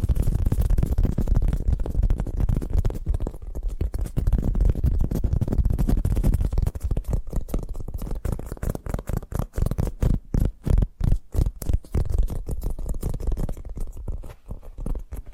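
Tapping starts as a dense, blurred low rumble of fingers, then from about seven seconds breaks into quick, distinct, evenly spaced taps.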